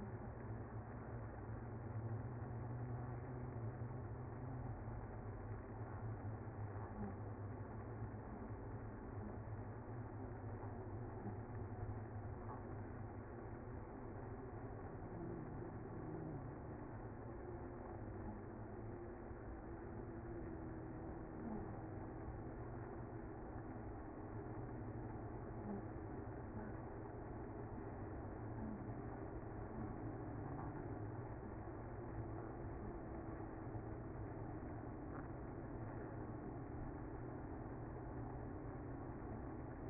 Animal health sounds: honeybee colony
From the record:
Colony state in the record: active

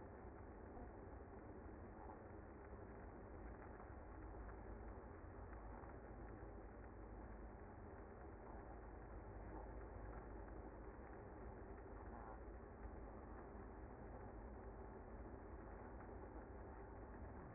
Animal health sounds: honeybee colony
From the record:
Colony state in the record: active

